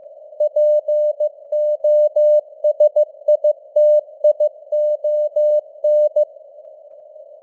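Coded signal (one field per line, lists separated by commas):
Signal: Morse code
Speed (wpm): 15 wpm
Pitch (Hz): 600 Hz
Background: none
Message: POSITION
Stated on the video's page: Computer-generated news headlines in Morse at 15 wpm, with simulated radio noise and varying signal strength (QSB).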